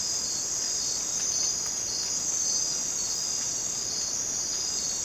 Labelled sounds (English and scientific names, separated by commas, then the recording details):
none
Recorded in dense forest near Puerto Asís, Putumayo, Colombia, on 27 June 2025 at 00:30
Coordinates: 0.484, -76.317
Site G045